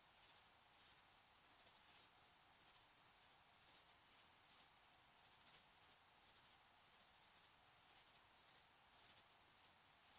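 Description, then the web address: Shrill cricket chirps in regular short pulses, roughly two or three per second, above a continuous high insect hiss. Distant crickets in summer fields, evening and night, shrill high frequencies. "sonniss gdc audio. summer in the fields evening night. distant crickets shrill high frequencies flat night"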